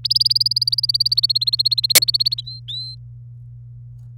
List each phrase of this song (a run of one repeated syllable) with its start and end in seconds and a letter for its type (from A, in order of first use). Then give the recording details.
0.04-2.41 A, 2.46-2.95 B, 4.17-4.18 C. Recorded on 27 April 2018 at 05:49. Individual llb3